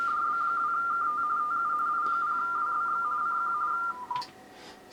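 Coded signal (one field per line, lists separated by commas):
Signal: RTTY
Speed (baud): 45.45 baud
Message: DB2KT TU I0WBX CQ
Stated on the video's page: RTTY operating in the CQ WW RTTY contest.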